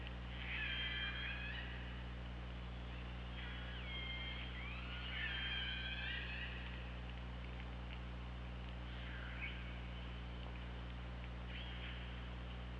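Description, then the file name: Killer whale calls: repeated pulsed calls with bending, stepped harmonic contours in several bursts, above a continuous low mechanical hum and hiss. Recorded on the OrcaLab hydrophone, 24 August 2017, 15:25. "Orca Lab UTLN JASON 20170824 152509"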